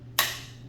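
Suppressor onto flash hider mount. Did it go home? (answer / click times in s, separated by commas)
yes / 0.2 s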